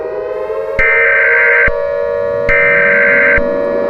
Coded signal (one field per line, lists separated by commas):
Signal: Emergency Alert System (SAME) tones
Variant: header bursts